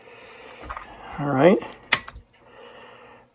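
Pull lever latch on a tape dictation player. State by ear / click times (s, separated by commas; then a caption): seated / 1.9 s. On a vintage dictation tape player, a pull-type lever latch is pushed back and snaps into place with a sharp click at 1.9 s, catching almost as if magnetically, so it is seated. Someone talks just before the snap, and a few softer ticks are heard around it.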